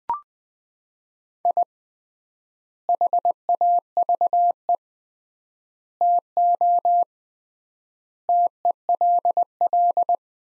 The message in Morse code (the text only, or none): I HAVE TO TELL